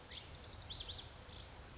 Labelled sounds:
Lazuli Bunting (Passerina amoena)

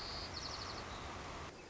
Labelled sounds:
White-crowned Sparrow (Zonotrichia leucophrys)

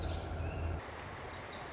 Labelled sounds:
Lazuli Bunting (Passerina amoena)

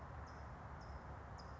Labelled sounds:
California Towhee (Melozone crissalis)

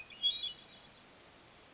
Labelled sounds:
Hermit Thrush (Catharus guttatus)

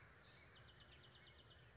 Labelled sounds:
California Towhee (Melozone crissalis)

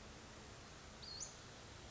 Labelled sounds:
Western Flycatcher (Empidonax difficilis)

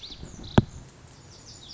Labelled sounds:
Lazuli Bunting (Passerina amoena)

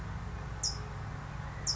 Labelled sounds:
California Towhee (Melozone crissalis)

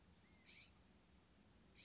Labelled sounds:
California Scrub-Jay (Aphelocoma californica)

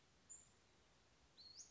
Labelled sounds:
Western Flycatcher (Empidonax difficilis)

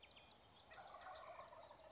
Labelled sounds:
Wild Turkey (Meleagris gallopavo)

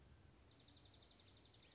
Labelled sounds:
Dark-eyed Junco (Junco hyemalis)

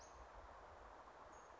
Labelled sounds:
Western Flycatcher (Empidonax difficilis)

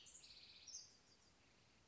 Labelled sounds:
House Wren (Troglodytes aedon)

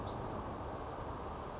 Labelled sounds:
Western Flycatcher (Empidonax difficilis)

